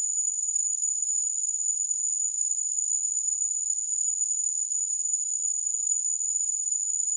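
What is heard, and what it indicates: A steady, continuous high-pitched pure tone near 7 kHz with faint hiss around it, a simulation of tinnitus.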